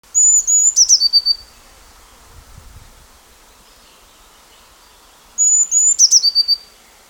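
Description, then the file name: Eurasian blue tit singing two phrases about five seconds apart, each with high thin sustained notes followed by a fast, lower rattling trill; faint low rumble between them. "Cyanistes caeruleus"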